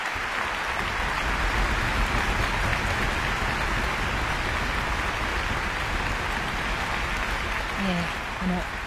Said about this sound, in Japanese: ゴトゴトゴトという音が多分聞き慣れていると思うんですけども、団員の皆さんから、マエストロに向かっての賛辞の音です。